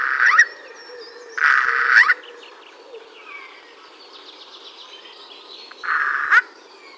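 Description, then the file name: Eurasian jay giving three rasping, hoarse screeches, the middle one longest, with faint thin calls of other birds in the background. "Garrulus glandarius"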